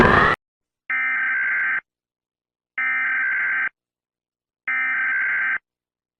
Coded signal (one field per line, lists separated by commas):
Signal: Emergency Alert System (SAME) tones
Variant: header bursts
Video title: Piura EAS Alarm (Departament in Peru)